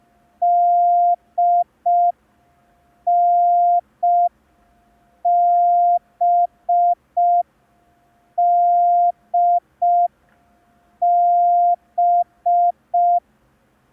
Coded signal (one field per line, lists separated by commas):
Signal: Morse code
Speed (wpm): 5 wpm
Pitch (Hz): 700 Hz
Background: none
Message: DNBDB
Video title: [MC–02] Learn Morse Code in 10 Days (Day 2) – ASOC Tutorials India